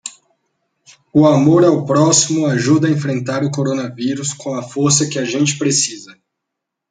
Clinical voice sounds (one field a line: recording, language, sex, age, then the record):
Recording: spoken sentence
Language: Brazilian Portuguese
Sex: male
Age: 30 to 39 years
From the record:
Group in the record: control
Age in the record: 30 years